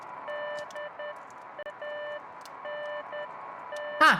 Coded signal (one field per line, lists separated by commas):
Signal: Morse code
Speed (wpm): 10 wpm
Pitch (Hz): 2950 Hz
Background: none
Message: DANT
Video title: Beacon Pines: Full Playthrough (uncut) (1/3) - Der Auftakt